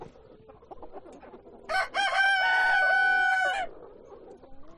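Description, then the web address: Chicken sounds: quiet hen clucks, then a rooster's loud crow with a stuttered start and a steady drawn-out ending, followed by more soft clucking. Hens and roosters at a poultry farm. "granja avicola sonidos de gallinas y gallos"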